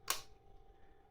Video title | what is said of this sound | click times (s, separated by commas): Nextool Outdoor Multifunctional Shovel Unboxing and Review | that end goes in first and then press you'll hear a little click | 0.1 s